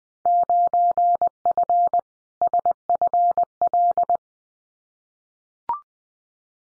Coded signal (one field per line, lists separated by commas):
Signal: Morse code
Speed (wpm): 20 wpm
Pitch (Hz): 700 Hz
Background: none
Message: 9F SFL